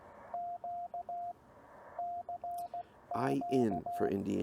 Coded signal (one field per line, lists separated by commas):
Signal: Morse code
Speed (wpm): 16 wpm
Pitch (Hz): 690 Hz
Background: speech, radio noise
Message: Q CQ